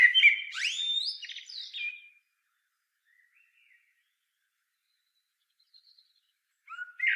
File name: Turdus merula